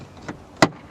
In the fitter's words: you'll see that there's a clip here where it snaps into place